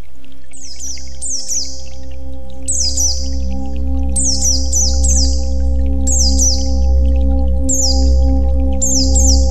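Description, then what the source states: White-eye song: high, thin descending whistled notes in quick repeated bursts over a steady low hum. White-eye 'terapi' (therapy) song.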